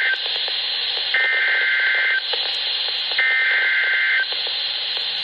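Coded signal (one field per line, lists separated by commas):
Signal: Emergency Alert System (SAME) tones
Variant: header bursts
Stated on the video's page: Severe thunderstorm warnings and tornado watch received on NOAA Weather Radio 162.400 MHz and a 90.3 FM station.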